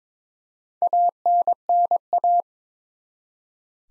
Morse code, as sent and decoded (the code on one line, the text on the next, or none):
.- -. -. .-
ANNA